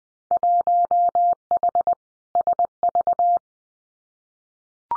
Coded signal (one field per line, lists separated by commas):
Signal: Morse code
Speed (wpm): 20 wpm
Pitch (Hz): 700 Hz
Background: none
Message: 1H SV